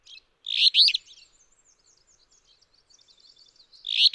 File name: Alder Flycatcher